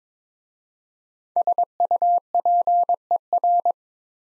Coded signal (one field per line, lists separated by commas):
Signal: Morse code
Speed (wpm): 26 wpm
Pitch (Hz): 700 Hz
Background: none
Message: SUPER